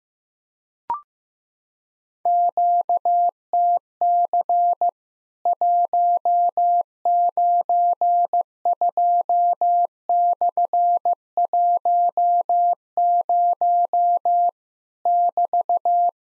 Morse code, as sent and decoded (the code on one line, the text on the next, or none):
--.- - -.-. / .---- ----. ..--- -..-. .---- ----- / -...-
QTC 192/10 <BT>